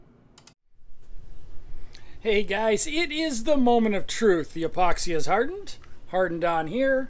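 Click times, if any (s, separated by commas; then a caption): 0.4 s. A rare-earth magnet is placed into an epoxy-filled hole in a wooden paper dispenser and is pulled onto the head of a screw sitting in the hole, snapping into place with a sharp click at 0.4 s. A second faint tick follows at 0.5 s and another at 2.0 s. Then someone talks, and the magnet stays seated on the screw head.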